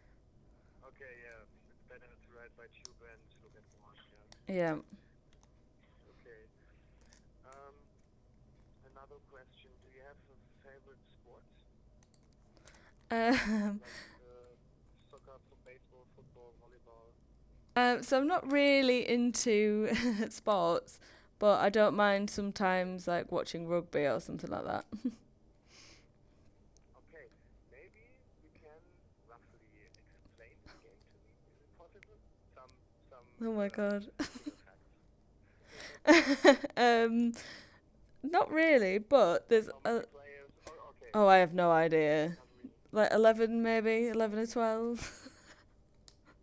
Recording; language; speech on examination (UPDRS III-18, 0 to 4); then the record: conversation on a phone call; English; 0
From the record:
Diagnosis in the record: healthy control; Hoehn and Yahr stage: 0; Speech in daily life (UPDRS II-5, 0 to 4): 0